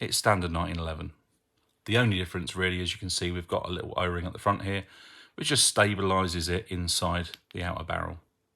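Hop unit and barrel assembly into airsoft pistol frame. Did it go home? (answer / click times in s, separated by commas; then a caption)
no / none. Someone talks while handling the hop unit of an ICS Korth PRS airsoft gas blowback pistol, which has a small O-ring at the front that stabilises it inside the fixed outer barrel assembly that locks into the metal frame. Speech fills most of the clip with brief pauses and no distinct impacts. The hop unit and barrel have not yet been slid back in, and nothing has seated or clicked yet.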